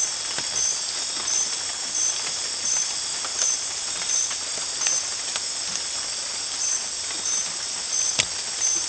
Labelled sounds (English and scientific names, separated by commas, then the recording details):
none
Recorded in dense forest near Puerto Asís, Putumayo, Colombia, on 26 December 2024 at 03:00
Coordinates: 0.484, -76.325
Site G056